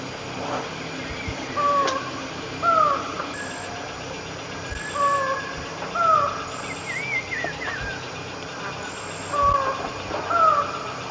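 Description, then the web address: Lined forest falcon song: three pairs of hollow whistles, each a level note then a higher downslurred one. Two-noted song; Eastern Lowlands of South America. "S America Eastern Lowlands. Micrastur gilvicollis, 2-noted song"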